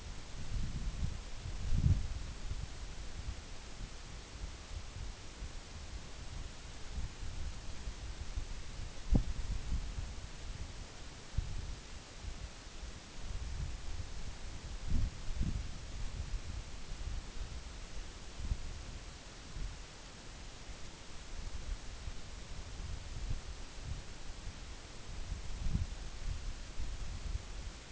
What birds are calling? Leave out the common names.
none